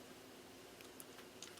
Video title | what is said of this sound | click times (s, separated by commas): 1/6th scale M4A3E2 Jumbo Sherman tank project Video #8 (sprockets and deflector grill) | And it will actually snap into place | 1.0 s